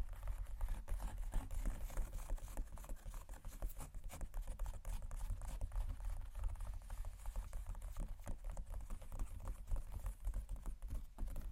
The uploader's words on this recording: ASMR Tapping & Scratching Luxury Leather Bags（No Talking）.